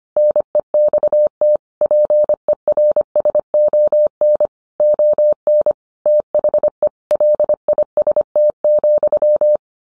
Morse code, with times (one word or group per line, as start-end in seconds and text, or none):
0.2-1.6 NEXT
1.8-4.5 PERSON
4.8-5.7 ON
6.1-6.9 THE
7.1-9.6 LIST,